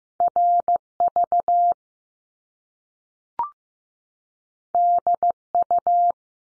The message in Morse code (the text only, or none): R V D U